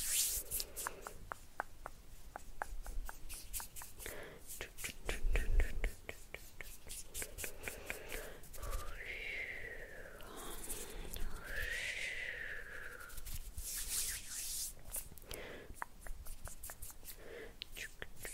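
Hand sounds: a steady run of quick, crisp rubs, brushes and plucking motions, dense and fairly regular for most of the clip. A soft whispery voice rises twice, near 9 and 12 seconds, and a louder thump lands around 5.5 seconds.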